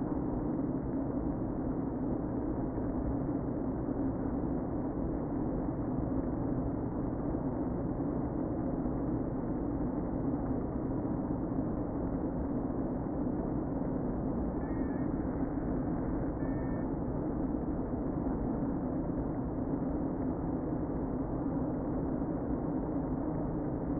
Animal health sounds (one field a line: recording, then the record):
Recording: honeybee colony, microphone inside the hive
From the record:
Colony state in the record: queen present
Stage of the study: before two queens were removed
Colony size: about 60,000 bees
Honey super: yes